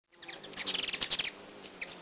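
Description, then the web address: Ruby-throated hummingbird giving a rapid burst of very high, thin chittering chips lasting about a second, followed by a few scattered squeaky notes. "Peterson North American Birds. rthu"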